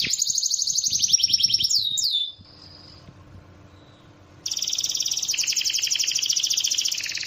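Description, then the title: Bird song: a high rattling trill with a few swooping whistles, a short quiet pause, then a long, even, rapid trill. Described as the most complete 'masteran' bird sound compilation. "Masteran burung terlengkap"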